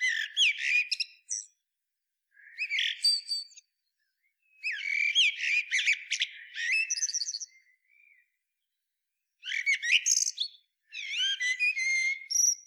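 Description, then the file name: Eurasian blackbird singing in separate bursts every few seconds, each mixing warbled notes with squeaky, high twittering flourishes, with short silences between phrases. "Turdus merula"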